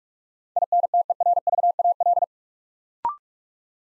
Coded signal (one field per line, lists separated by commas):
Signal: Morse code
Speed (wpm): 44 wpm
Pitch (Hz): 700 Hz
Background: none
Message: INTERVAL